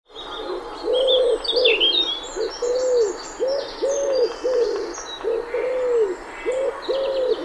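Common wood pigeon repeating soft, low coos in an even rhythm, while other small birds chirp and twitter higher up, mostly near the start.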